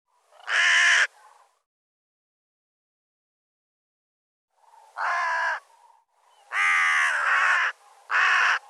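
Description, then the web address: Bird with hoarse, rasping caws: a single caw, several seconds of quiet, then three more caws, the middle one longest. "cianscape birddata"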